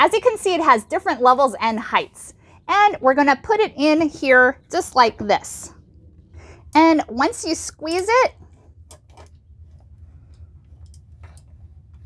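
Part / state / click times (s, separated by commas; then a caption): steel tray leg into plastic tray-top bracket / not seated / none. Someone talks while handling the first steel leg of a Table Mate folding TV tray table, squeezing it to fit into its plastic tray-top bracket. A few faint, brief ticks of handling follow the speech near the end. Nothing has seated or clicked yet.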